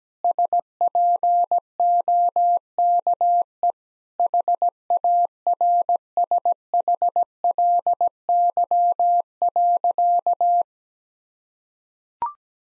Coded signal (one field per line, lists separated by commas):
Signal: Morse code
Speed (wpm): 17 wpm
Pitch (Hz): 700 Hz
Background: none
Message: SPOKE HARSHLY.